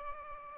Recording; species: mosquito wingbeat signal from an infrared sensor; Aedes albopictus